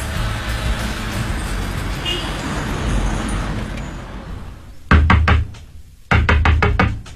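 A steady low rumble of traffic-like noise gives way to two quick bursts of firm, rapid knocking on a door by a police detective, each a run of several sharp raps separated by a brief pause.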